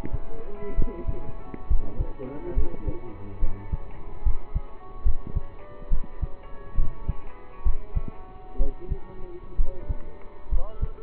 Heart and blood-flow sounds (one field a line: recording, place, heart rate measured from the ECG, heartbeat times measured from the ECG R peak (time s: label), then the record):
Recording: heart sounds by stethoscope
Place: between the tricuspid and mitral areas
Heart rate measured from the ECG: 68 bpm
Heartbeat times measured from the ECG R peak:
0.75 s: heartbeat
1.67 s: heartbeat
2.54 s: heartbeat
3.39 s: heartbeat
4.23 s: heartbeat
5.03 s: heartbeat
5.89 s: heartbeat
6.75 s: heartbeat
7.63 s: heartbeat
8.57 s: heartbeat
9.56 s: heartbeat
10.49 s: heartbeat
From the record:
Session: rest, lying down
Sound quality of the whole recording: partially saturated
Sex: male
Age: 27 years